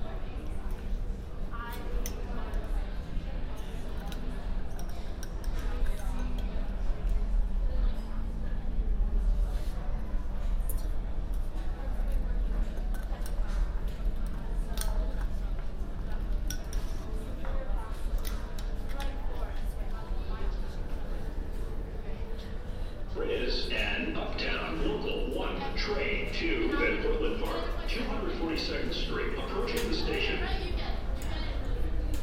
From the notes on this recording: A binaural field recording on the N train, from 36th street Brooklyn to 42nd street Manhattan.